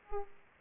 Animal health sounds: mosquito wingbeat signal from an infrared sensor; Aedes aegypti

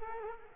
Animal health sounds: mosquito wingbeat signal from an infrared sensor; Culex quinquefasciatus

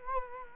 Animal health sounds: mosquito wingbeat signal from an infrared sensor; Culex quinquefasciatus

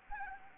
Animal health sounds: mosquito wingbeat signal from an infrared sensor; Anopheles arabiensis

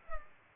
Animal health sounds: mosquito wingbeat signal from an infrared sensor; Culex pipiens

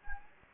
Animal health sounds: mosquito wingbeat signal from an infrared sensor; Anopheles gambiae

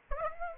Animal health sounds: mosquito wingbeat signal from an infrared sensor; Aedes aegypti

